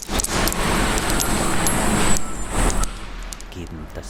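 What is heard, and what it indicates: A thin, steady high-pitched whine rides over the clatter of dishes and murmur of a busy restaurant for nearly three seconds, then fades as the scene quiets. It is a simulation of tinnitus: a persistent buzzing that stays permanently present over everyday sounds.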